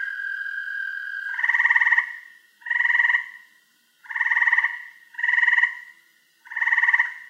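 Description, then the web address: Frog repeating loud, harsh, buzzy croaks about every second and a half, after a steady tonal note ends at the start. "log frogs"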